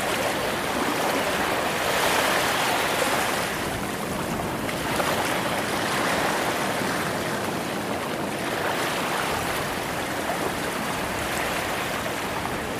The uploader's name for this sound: Secret Beach Ocean Waves White Noise